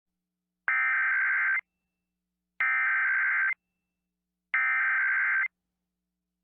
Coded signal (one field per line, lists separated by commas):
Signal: Emergency Alert System (SAME) tones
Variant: header bursts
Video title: EAS 3x Required Monthly Test South Dakota +WeatherSTAR4000 (KOLY, KBRK, KORN)